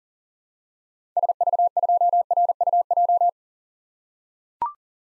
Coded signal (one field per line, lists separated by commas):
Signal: Morse code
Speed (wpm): 40 wpm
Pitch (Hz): 700 Hz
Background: none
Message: SV2RUJ